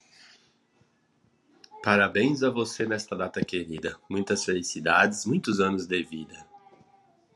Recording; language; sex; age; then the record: short text; Brazilian Portuguese; male; 40 to 49 years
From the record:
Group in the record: control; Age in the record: 41 years